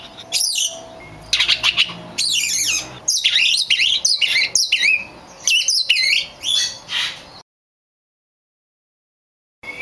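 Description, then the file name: Oriental magpie-robin pouring out rapid, complex phrases of whistles, trills and harsh notes, then falling silent for two seconds before resuming. Bird described as a kacer lutung cebu type. "audio burung kacer lutung cebu. omkicau"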